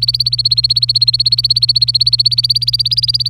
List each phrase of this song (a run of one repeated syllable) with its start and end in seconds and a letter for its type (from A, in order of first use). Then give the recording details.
0.00-3.29 A. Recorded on 25 April 2018 at 06:09. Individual llb3